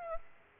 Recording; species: mosquito wingbeat signal from an infrared sensor; Aedes aegypti